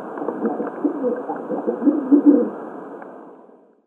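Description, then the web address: Rock pigeon cooing in a low, muffled, rolling burst that swells and then fades away. "Schulze Peter Rock Pigeon"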